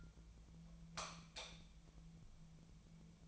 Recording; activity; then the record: daily activity, microphone in the room; light off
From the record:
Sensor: 1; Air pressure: 1000.0 hPa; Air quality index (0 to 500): 129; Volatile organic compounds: 2 ppm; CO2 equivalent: 1220 ppm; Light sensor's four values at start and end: 30/83/33/39 and 26/66/27/33